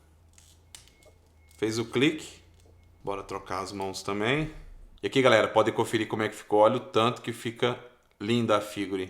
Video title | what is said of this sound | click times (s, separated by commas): TANJIRO KAMADO SH Figuarts BANDAI Unboxing e Review BR | vamos começar pela bainha na cintura fez o clique Bora | 0.8 s